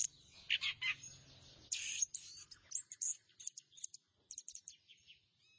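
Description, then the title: Thrush song in short bursts: harsh chattering notes and quick high whistled phrases, with brief pauses. "burung anis"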